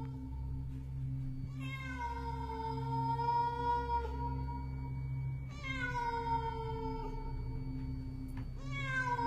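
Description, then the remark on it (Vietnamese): A cat, heard from afar at night, lets out long, drawn-out meows, three in a row, each wavering and sliding down in pitch like a plaintive yowl, over a steady low hum with no one talking. “Từ xa, tiếng của con mèo vẫn còn kêu vang vọng như khiêu khích.”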